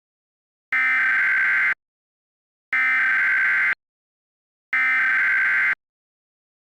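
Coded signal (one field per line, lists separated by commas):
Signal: Emergency Alert System (SAME) tones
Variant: header bursts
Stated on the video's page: Fictional EAS scenario with valid EAS tones.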